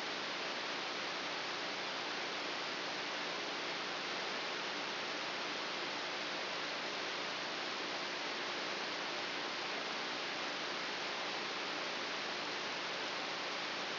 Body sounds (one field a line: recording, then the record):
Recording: brain microelectrode recording played as sound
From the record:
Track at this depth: outside the subthalamic nucleus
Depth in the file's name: 6.601 mm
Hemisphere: right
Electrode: 3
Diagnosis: Parkinson's disease